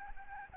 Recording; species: mosquito wingbeat signal from an infrared sensor; Aedes albopictus